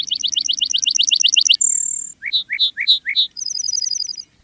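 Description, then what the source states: Lark bunting song: a fast run of high repeated chirps, then a long high whistle, several slower sweet slurred notes, and a closing rapid trill of clear high notes. Grassland bird singing in early summer in northeast Montana.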